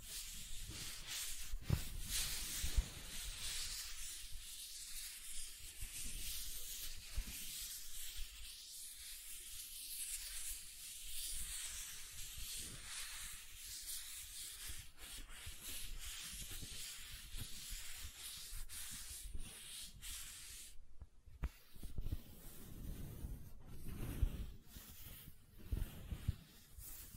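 Gentle silicone sounds: steady soft rubbing and scratching with a bright hiss, brief low thumps, and a short pause near twenty-one seconds.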